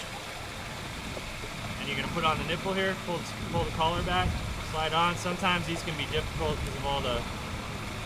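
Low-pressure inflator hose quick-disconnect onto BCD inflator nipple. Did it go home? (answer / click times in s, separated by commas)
no / none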